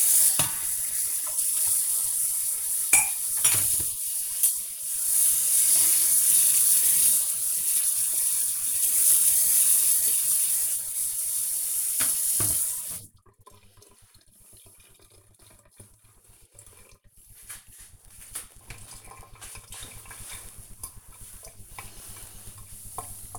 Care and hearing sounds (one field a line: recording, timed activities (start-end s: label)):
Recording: household activities, microphone on the right wrist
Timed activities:
0.00-12.70 s: washing dishes